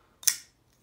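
A Ganzo FH51 folding knife is flipped open, and its blade swings out of the handle with a short swish that starts at about 0.2 s. The blade stops sharply against its lock with a crisp, bright snap at 0.3 s, then the sound fades. The blade is seated and locked open, and the action is pretty snappy.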